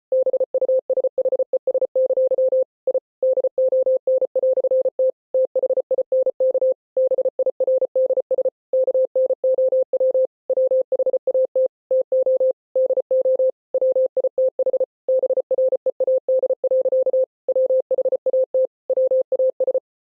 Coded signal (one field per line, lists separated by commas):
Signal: Morse code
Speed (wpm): 33 wpm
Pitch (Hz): 520 Hz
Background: none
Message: BUSHES! I DON"T THINK BIRDS KNOW WHAT TO DO WITH BREAD. WHAT WAS